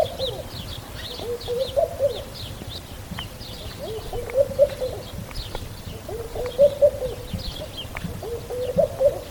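Bird calling with a low, hooting coo repeated about every two seconds, with faint high chirps in the background.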